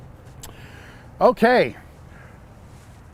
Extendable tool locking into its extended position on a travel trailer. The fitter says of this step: very simple to use a tool you just turn flip down extend clicks into place very fast very simple one-man operation